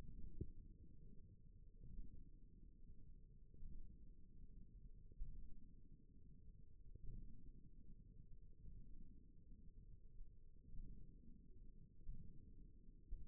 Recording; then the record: forearm muscle sounds (acoustic myography)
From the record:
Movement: ulnar deviation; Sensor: system 1, eight BSWA MPA416 microphones around the upper forearm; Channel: 1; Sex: female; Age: 21 years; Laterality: right